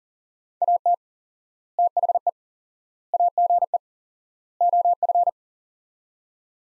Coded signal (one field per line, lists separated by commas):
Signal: Morse code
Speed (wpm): 39 wpm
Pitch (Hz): 700 Hz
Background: none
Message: AT THE AGE OF